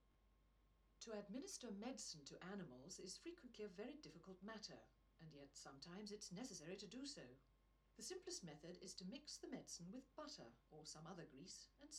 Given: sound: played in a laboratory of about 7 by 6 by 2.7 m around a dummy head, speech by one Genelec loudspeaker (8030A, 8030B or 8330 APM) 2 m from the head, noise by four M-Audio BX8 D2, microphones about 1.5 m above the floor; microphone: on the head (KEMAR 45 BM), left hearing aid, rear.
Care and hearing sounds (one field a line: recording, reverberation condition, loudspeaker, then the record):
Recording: female speech in English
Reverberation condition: low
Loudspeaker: 150 degrees to the left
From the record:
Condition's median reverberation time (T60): about 310 ms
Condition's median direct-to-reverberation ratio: about 3.5 dB